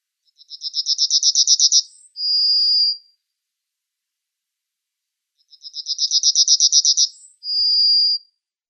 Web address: Schulze Peter Yellowhammer song